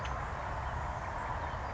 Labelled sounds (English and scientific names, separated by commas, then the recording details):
Grasshopper Sparrow (Ammodramus savannarum)
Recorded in Sonoma County, California